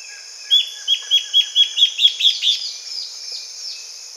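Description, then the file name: Bird giving a rapid series of around ten sharp, evenly spaced chips, followed by fainter downslurred notes, with a constant thin high buzz behind. "SABIOD 50 bird 2015"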